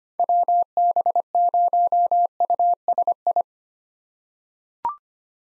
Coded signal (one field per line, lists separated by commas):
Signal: Morse code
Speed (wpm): 25 wpm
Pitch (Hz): 700 Hz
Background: none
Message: WB0USI